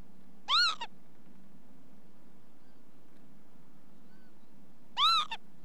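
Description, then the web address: Northern lapwing giving two wheezy, arched alarm calls rich in harmonics, about four and a half seconds apart, over a soft low hum. Female northern lapwing on the ground giving an anxiety call. "BBC Sound Effects Library. Lapwing"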